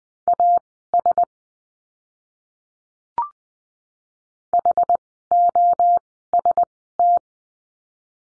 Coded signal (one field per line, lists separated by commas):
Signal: Morse code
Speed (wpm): 20 wpm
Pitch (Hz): 700 Hz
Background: none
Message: AS HOST